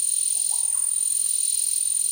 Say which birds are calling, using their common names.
Russet-backed Oropendola